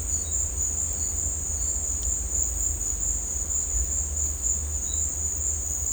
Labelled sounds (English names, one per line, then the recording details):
none
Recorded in dense forest near Puerto Asís, Putumayo, Colombia, on 18 December 2024 at 15:30
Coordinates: 0.466, -76.327
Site G075